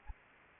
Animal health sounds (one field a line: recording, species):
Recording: mosquito wingbeat signal from an infrared sensor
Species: Anopheles arabiensis